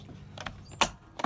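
The bottom cover of an EGO Rapid Reload string trimmer head, installed on a Kobalt 24V string trimmer, is pressed onto the plastic head housing. After a couple of faint taps around 0.4–0.5 s, one side latches with a sharp, bright click at 0.8 s, seating that side of the cover. More short snaps follow near 1.2 s at the end.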